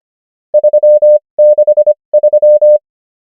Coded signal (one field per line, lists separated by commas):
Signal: Morse code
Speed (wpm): 25 wpm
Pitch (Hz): 600 Hz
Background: none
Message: 363